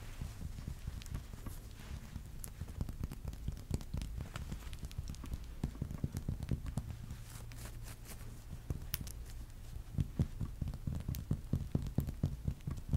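Body tapping for ASMR, with quick dull taps and thumps landing over a soft, muffled low rumble. The taps come in irregular flurries that grow denser and sharper after about nine seconds, and a faint low hum sits underneath in the middle stretch.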